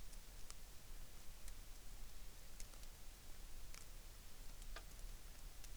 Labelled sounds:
rain
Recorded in the Arctic National Wildlife Refuge, Alaska, on 3 August 2019
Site 33

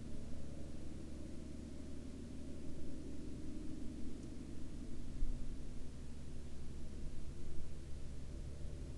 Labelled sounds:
man-made sound
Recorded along the Dalton Highway, Alaska, on 19 October 2019 at 00:00
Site 02

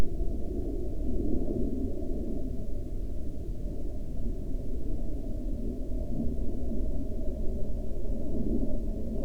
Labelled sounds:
aircraft
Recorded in the Prudhoe Bay oil fields, Alaska, on 19 July 2019 at 14:20
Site 16

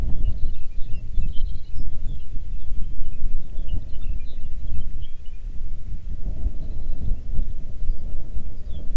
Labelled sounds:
songbird, wind
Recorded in the Arctic National Wildlife Refuge, Alaska, on 3 June 2019 at 04:36
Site 37

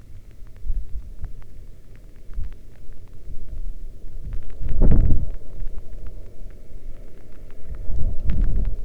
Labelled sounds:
wind, rain
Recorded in the Arctic National Wildlife Refuge, Alaska, on 11 August 2019 at 22:35
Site 40

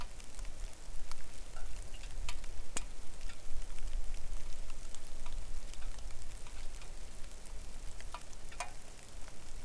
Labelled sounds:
wind, rain
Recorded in the Arctic National Wildlife Refuge, Alaska, on 3 August 2019 at 09:35
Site 41

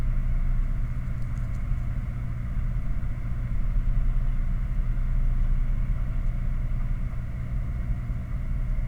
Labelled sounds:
machinery, flare stack
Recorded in the Prudhoe Bay oil fields, Alaska, on 11 August 2019 at 21:22
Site 29

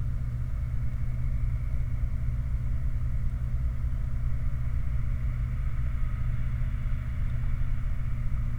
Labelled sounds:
truck, machinery
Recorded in the Prudhoe Bay oil fields, Alaska, on 29 July 2019 at 03:46
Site 29

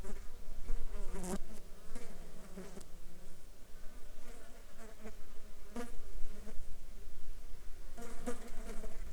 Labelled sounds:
insects
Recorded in the Arctic National Wildlife Refuge, Alaska, on 7 July 2019 at 19:01
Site 35

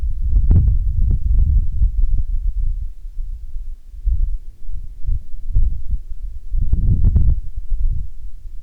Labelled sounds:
aircraft
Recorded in the Prudhoe Bay oil fields, Alaska, on 10 June 2019 at 17:33
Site 11

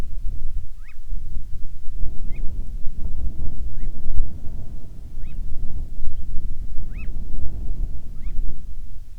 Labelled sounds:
bird, wind
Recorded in the Prudhoe Bay oil fields, Alaska, on 10 July 2019 at 14:12
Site 14

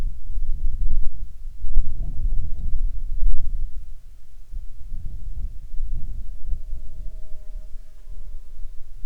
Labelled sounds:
wind, insects
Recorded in Ivvavik National Park, Yukon, on 7 June 2019 at 16:26
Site SINP10

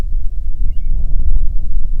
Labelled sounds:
songbird, wind
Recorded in the Prudhoe Bay oil fields, Alaska, on 6 August 2019 at 05:22
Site 22

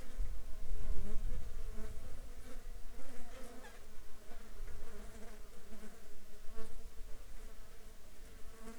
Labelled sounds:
insects
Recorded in the Arctic National Wildlife Refuge, Alaska, on 9 July 2019 at 14:31
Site 35

